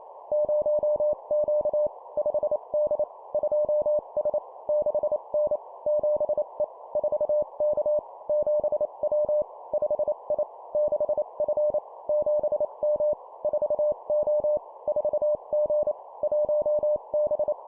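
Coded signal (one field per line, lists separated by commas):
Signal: Morse code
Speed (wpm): 28 wpm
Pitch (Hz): 600 Hz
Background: none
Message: 0Q 5D 2S 6N 7E 4K 7W 5I 6F 7M 4O 4G 1B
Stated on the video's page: Morse code practice at 25 WPM, two-letter words and numbers.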